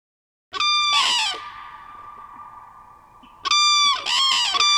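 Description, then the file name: Common crane call: a loud ringing trumpet blast, a quieter pause, then a second series of bugled notes, harsh and resonant. Played back. "Trane"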